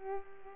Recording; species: mosquito wingbeat signal from an infrared sensor; Culex pipiens